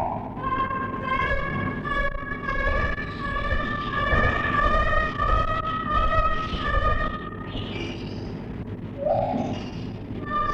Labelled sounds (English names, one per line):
Lar Gibbon